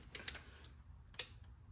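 A torque wrench gives a valve cover bolt or spark plug on the 3.5L V6 engine of a 2006 Honda Odyssey one more small turn until it clicks at its setting. A faint tick comes at 0.2 s, then the wrench's sharp click at 0.3 s, and a second, similar faint click follows at about 1.2 s. The bolt is confirmed torqued to spec.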